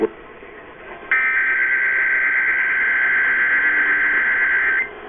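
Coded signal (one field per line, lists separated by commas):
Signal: Emergency Alert System (SAME) tones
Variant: header bursts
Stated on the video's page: Required Monthly Tests from Tennessee, New York City, Richmond and Ohio, recorded in the early hours.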